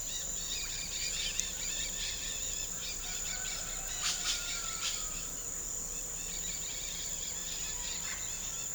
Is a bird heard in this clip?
yes